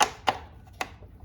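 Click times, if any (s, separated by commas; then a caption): 0.8 s. With the lever pulled down, the anti-kickback pawl assembly of a Skil portable table saw is slid onto a small hanging storage tab on the saw body, left of the motor, and the lever is locked. Two sharp ticks at about 0.0 and 0.3 s come before a final crisp click at 0.8 s. The assembly is seated and locked onto the tab.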